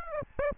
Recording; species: mosquito wingbeat signal from an infrared sensor; Aedes aegypti